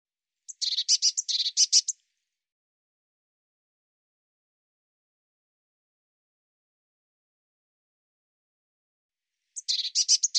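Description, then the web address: Eurasian blue tit chattering call: a dry, rapid series of scratchy notes lasting over a second, then a long quiet gap before another burst begins. "cianscape birddata Deverinetal 2025 File cleaned normalized Bird Cy Ca"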